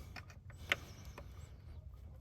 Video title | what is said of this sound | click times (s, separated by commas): Kia Sorento MAP (Manifold Absolute Pressure ) Sensor Inspection and Cleaning | connector back on and just clicks into place | 0.7 s